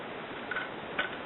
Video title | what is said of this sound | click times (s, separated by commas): Outdoor cooking kit. | as a pan it has a piece back here it snaps | 0.5 s, 1.0 s